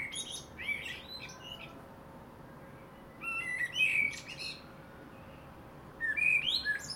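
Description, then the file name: Common blackbird singing three phrases, each a short mellow warble topped by high squeaky notes, with a quiet hum throughout. "Turdus merula"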